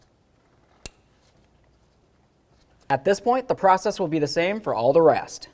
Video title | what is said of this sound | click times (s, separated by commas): How to Replace Ignition Coil Boots 2006-2012 Ford Fusion (3.0L V6) | your wiring. Listen for a click, give it a tug. | 0.9 s